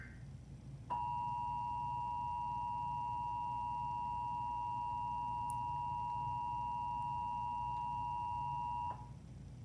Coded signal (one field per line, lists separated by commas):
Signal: Emergency Alert System (SAME) tones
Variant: 853 and 960 Hz attention tone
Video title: EAS #1,033 TV National Periodic Test 10/4/23 2:20 PM EDT